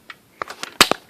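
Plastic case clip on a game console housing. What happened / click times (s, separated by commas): The plastic case clip snapped open / 0.8 s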